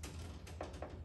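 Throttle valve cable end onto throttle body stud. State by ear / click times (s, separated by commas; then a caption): not seated / none. The end of a new TV (throttle valve) cable on an OBS Chevy 1500 is handled as it is pulled over the throttle body stud, with the cable mounted through the throttle bracket. Low rumbling handling noise is broken by two short knocks at about 0.6 and 0.8 seconds. Nothing has snapped onto the stud yet.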